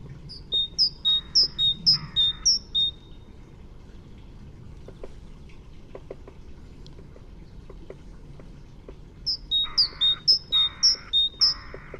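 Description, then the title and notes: Great tit song in two bursts of repeated high-low whistled phrases, each burst interleaved with harsh, buzzy rasping sounds, and a quiet pause between the bursts. "Kjøttmeis by forskningno"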